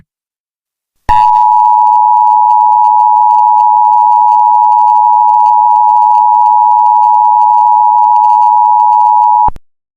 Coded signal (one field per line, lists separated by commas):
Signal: Emergency Alert System (SAME) tones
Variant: 853 and 960 Hz attention tone